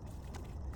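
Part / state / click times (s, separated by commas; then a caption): evap purge line quick-connector onto engine vent fitting / not seated / none. Because of a minor leak on a 2017–2021 BMW 228i (also X1 and X2), a new plastic evap purge (tank vent) line quick-connector is being pushed onto its engine vent fitting while the back of the hose is supported. A steady low rumble runs through the clip, with a brief faint tap near 0.7 s. Nothing has seated or clicked yet.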